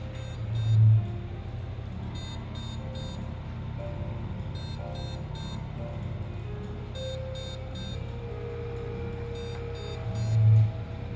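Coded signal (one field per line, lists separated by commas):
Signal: beep code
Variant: PC motherboard POST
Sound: high-pitched short beeps in repeated groups of three over a low humming background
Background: fan hum, handling thumps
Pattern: 3 short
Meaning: Three short beeps signal a hardware fault; here a damaged CPU and a failed RAM module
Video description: Finally I found the cause of this error: CPU is damaged one of the two RAMs is breakdown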